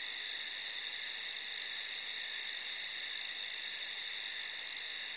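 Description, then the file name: Crickets keep up a steady, rapid high-pitched chirping chorus throughout, with no other clear sounds. Night nature recording. "priroda noch sverchki sova sobaki"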